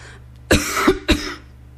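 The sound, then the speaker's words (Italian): A man gives a pair of forced coughs in a bar to get a waiter's attention, the first longer and rasping, the second a short sharp bark, standing out over a low steady hum. “Tossisco?”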